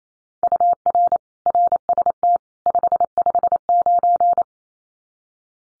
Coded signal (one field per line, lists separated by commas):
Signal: Morse code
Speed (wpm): 28 wpm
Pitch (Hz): 700 Hz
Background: none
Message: UR RST 559